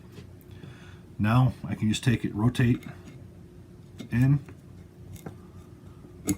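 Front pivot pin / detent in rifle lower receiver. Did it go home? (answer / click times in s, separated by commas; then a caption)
yes / 6.3 s. A front pivot pin with its detent is inserted and rotated in the steel receiver parts of an Olympic Arms MPR 308-15 rifle lower receiver while someone talks. Faint handling ticks come at 5.2 and 5.3 seconds, then a sharp click at 6.3 seconds as the pin seats into place.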